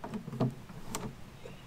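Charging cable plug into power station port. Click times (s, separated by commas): 0.9 s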